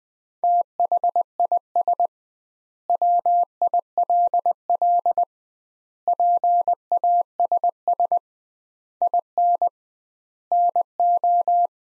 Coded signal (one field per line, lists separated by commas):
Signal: Morse code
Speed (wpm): 21 wpm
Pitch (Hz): 700 Hz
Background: none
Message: THIS WILL PASS IN NO